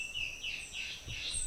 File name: Guianan warbling antbird